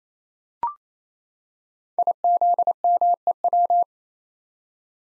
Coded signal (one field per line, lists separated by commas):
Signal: Morse code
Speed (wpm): 27 wpm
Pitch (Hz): 700 Hz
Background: none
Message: IZMEW